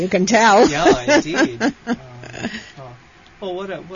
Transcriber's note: she laughs